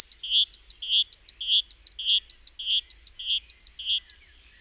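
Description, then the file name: Great tit with an even, rapid series of sharp high notes interleaved with rasping buzzy notes, then a short quiet tail. "Parus major"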